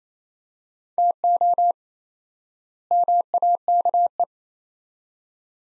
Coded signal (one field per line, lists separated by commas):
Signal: Morse code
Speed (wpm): 27 wpm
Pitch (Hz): 700 Hz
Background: none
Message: TO MAKE